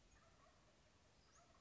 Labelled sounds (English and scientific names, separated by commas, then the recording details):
Western Flycatcher (Empidonax difficilis)
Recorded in Sonoma County, California